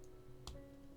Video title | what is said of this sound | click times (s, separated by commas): I Need More Bumblebees. Rise Of The Beasts Bumblebee. | Then you have to extend this all the way up until you hear a click | 0.5 s